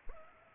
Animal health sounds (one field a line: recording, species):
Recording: mosquito wingbeat signal from an infrared sensor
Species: Culex pipiens